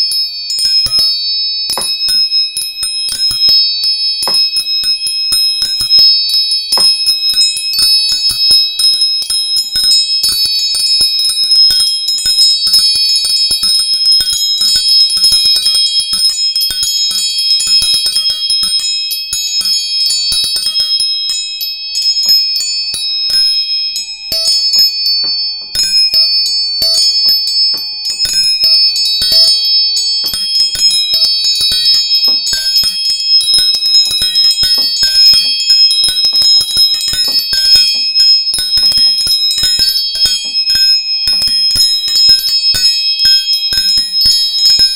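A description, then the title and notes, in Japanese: Tuning forks ring in dense layers of pure, high, bell-like tones that hold steady for the full length. Fresh strikes keep adding brief shimmering notes every second or so, and a few softer, lower tones drift in from about twenty-five seconds on. 音叉チューニング。852hz。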